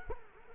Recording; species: mosquito wingbeat signal from an infrared sensor; Culex quinquefasciatus